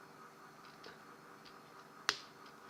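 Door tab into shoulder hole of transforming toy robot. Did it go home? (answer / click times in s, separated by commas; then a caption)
yes / 2.1 s. While a plastic Transformers Generations Fall of Cybertron Jazz action figure is being transformed, its shoulder is bent in so a horizontal tab on the door snaps into a small hole at the shoulder. A few faint ticks of handling come first, then one sharp, bright snap at 2.1 s, and the tab is seated in place.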